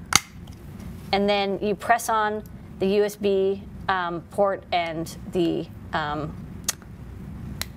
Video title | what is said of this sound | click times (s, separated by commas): New Products 1/28/2015 | you snap it into the side | 0.2 s